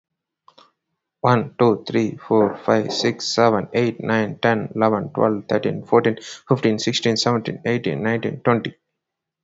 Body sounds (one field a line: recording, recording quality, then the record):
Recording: counting at a fast pace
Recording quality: excellent, no background noise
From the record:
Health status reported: healthy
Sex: male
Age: 42 years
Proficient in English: yes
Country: India